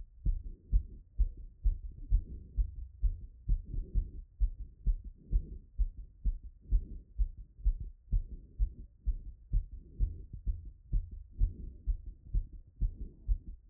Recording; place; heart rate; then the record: heart sounds by stethoscope; Erb's point; 88 bpm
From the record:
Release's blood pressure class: hypertension stage 2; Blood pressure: 148/76 mmHg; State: after exercise